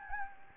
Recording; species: mosquito wingbeat signal from an infrared sensor; Anopheles gambiae